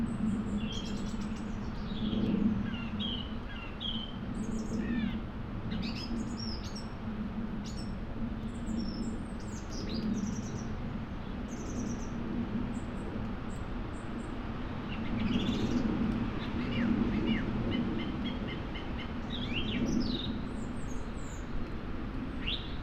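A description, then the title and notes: Mid-winter gales roar steadily through a moorland forest, a dense low rushing that swells and eases, strongest around the start and again near fifteen seconds. Over it, small birds chirp and tweet in short bright bursts scattered throughout the clip. Moorland forest mid winter gales. To be half way up a lonely Peak District moor, off the puddled track, looking down, into a mixed plantation of tall murmuring trees. Scots pine and spruce.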